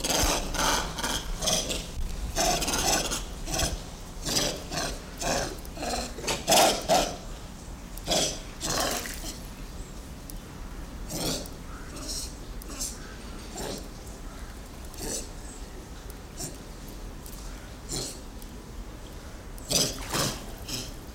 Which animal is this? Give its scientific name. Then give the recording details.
Macaca mulatta. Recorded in captivity. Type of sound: call. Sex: diverse. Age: diverse. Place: Zoo Leipzig, Sachsen, DE. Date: 1995-10-26 11:50. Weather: heiter bis wolkig, 6 - 10°C. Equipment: Sony WM-D6C, Sennheiser ME 80, Kopie Uher 4000 Report Monitor. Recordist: Tembrock, Günter. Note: Weibchen verdrängt jüngeres ins Wasser